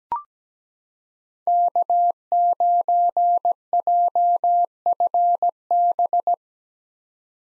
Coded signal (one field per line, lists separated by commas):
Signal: Morse code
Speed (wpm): 17 wpm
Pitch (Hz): 700 Hz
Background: none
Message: K9JFB